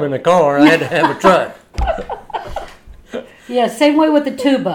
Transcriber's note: laughing